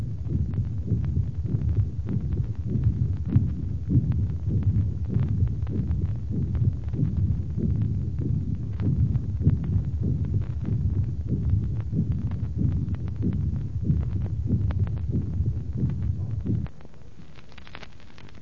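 Adult heart by stethoscope over the aorta: aortic regurgitation with a short early diastolic murmur and a soft, blowing systolic murmur.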